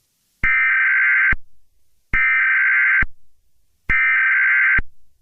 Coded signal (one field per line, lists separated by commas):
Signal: Emergency Alert System (SAME) tones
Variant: header bursts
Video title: Soap 1.3 Network EAS Broadcast (6/13/25)